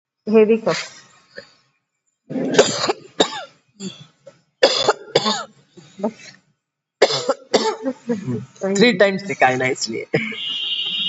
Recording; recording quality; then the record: heavy voluntary cough; moderate, slight background noise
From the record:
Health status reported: COVID-19 positive, mild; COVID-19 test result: positive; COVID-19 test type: RT-PCR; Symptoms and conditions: cough, cold, fatigue, muscle pain, hypertension, diabetes, another condition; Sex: female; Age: 72 years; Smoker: no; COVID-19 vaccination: both doses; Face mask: not worn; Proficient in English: yes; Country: India